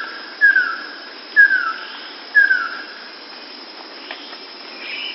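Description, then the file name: Ruddy kingfisher giving three downward-sliding whistled calls roughly once a second. A quiet, higher sound follows near the end, over soft hiss. "Golosa ptic - Plamennaya alciona Halcyon coromanda"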